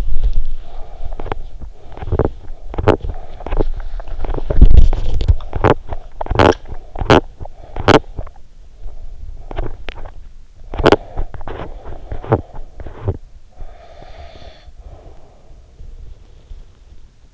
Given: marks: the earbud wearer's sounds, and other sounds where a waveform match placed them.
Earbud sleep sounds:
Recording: sounds in sleep by an in-ear microphone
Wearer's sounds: teeth grinding, breath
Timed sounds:
0.35-13.45 s: teeth grinding
13.45-16.99 s: breath

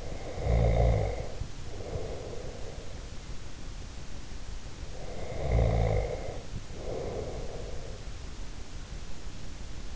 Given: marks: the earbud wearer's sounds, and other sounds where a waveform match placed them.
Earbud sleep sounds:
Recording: sounds in sleep by an in-ear microphone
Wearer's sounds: snoring breath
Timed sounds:
0.00-2.98 s: snoring breath
4.91-8.06 s: snoring breath

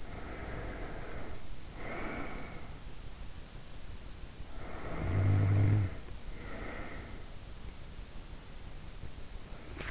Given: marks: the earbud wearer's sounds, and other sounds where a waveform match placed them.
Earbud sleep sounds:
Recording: sounds in sleep by an in-ear microphone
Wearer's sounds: breath, snoring breath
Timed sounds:
0.00-2.85 s: breath
4.28-7.14 s: snoring breath

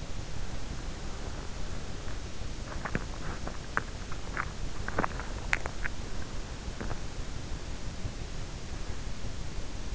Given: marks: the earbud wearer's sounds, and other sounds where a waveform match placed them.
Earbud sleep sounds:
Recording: sounds in sleep by an in-ear microphone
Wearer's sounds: breath, teeth grinding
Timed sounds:
0.00-2.43 s: breath
2.66-7.07 s: teeth grinding

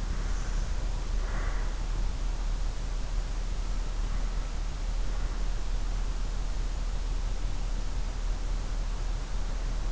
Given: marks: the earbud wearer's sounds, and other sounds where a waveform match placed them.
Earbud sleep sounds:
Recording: sounds in sleep by an in-ear microphone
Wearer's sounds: breath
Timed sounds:
0.00-1.74 s: breath

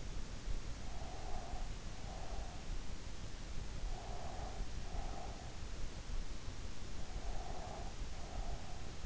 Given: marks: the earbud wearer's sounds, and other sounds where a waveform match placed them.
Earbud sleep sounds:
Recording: sounds in sleep by an in-ear microphone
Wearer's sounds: breath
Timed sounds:
0.85-2.80 s: breath
3.96-5.68 s: breath
6.98-9.06 s: breath

